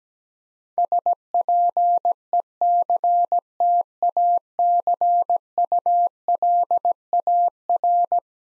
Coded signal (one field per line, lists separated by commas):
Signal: Morse code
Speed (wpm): 17 wpm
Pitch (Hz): 700 Hz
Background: none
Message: SPECTACULAR